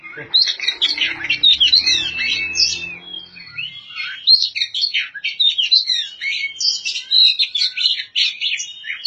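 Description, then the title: Oriental magpie-robin song, an energetic medley of whistles and buzzy chatter, with a faint low hum beneath during the first few seconds. "Kacer"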